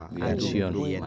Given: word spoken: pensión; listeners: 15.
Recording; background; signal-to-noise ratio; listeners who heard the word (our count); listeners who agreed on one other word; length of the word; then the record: one Spanish word in noise, from a listening test; four-talker babble; -1.5 dB; 0 of 15; 6 of 15; 0.66 s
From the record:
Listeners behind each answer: 6, 4, 2, 1, 1, 1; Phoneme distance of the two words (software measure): 37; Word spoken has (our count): 2 syllables, 7 phonemes, stress on syllable 2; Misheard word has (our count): 2 syllables, 6 phonemes, stress on syllable 2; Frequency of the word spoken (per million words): 16.64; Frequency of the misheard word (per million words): 208.37